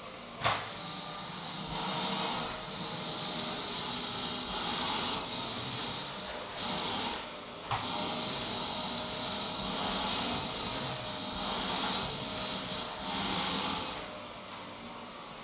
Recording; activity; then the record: daily activity, microphone in the room; vacuum cleaning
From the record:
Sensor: 3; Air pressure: 1002.0 hPa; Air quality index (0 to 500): 248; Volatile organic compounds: 52 ppm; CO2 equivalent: 3321 ppm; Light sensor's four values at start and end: 12/37/16/13 and 12/36/16/13